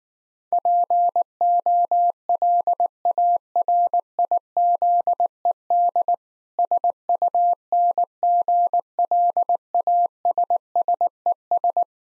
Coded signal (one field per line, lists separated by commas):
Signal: Morse code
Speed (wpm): 19 wpm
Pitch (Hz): 700 Hz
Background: none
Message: POLARIZED SUNGLASSES